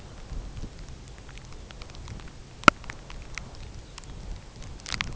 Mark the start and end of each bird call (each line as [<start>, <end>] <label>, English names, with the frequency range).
[3.52, 4.30] Lapland Longspur (2.7-5.0 kHz)